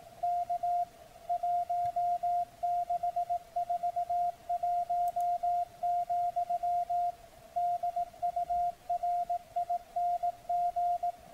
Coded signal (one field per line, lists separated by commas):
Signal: Morse code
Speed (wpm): 18 wpm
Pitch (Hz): 700 Hz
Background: none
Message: K 1641, DURING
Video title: Decoding CW with Multipsk and SDRplay RSPdx receiver on 7047505 KHz